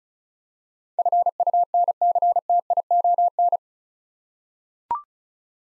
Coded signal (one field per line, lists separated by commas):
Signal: Morse code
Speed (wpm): 36 wpm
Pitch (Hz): 700 Hz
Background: none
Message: FUNCTION